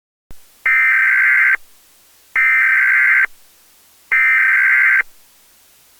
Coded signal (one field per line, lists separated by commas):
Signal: Emergency Alert System (SAME) tones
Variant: header bursts